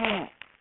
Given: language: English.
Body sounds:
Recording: throat vibration sensor signal played as sound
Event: throat clearing

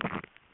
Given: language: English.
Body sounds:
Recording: throat vibration sensor signal played as sound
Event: swallow

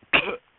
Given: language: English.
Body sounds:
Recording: throat vibration sensor signal played as sound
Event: cough

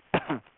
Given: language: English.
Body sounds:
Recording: throat vibration sensor signal played as sound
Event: cough

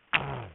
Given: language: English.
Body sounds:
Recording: throat vibration sensor signal played as sound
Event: throat clearing

